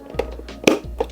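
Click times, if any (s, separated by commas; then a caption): 0.7 s. The plastic dustbin lid of a Roborock S8 Pro Ultra robot vacuum is closed after its dust filter has been rinsed and put back. A few light taps lead up to one sharp, loud click at 0.7 s as the lid seats shut, followed by a softer tap.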